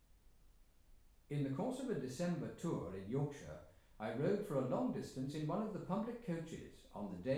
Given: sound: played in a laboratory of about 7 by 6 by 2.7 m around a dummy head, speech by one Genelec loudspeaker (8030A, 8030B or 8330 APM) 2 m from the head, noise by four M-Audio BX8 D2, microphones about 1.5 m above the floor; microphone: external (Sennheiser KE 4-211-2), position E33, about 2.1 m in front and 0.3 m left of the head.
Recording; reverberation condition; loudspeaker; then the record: male speech in English; medium; 30 degrees to the right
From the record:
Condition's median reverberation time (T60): about 510 ms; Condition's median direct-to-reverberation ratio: about -0.5 dB